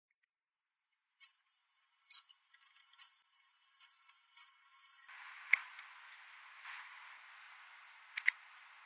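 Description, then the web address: Hawfinch calls: a series of short, sharp high ticks at irregular intervals, with a soft rasping noise in the background during the second half. Atlas survey 2004–2008, Ille-et-Vilaine, France. "go 35 atlas grosbec"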